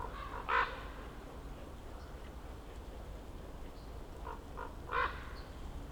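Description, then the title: Common raven croaks, two clear harsh calls a few seconds apart with fainter notes between, over low background noise. Ravens circling above the recordist, who crouched among young beeches on Patnik mountain side, Goworów, Poland, for over ten minutes; New Year's walk; Zoom F4, AT BP4025. "Patnik mountain side, Goworów, Poland - Circling ravens"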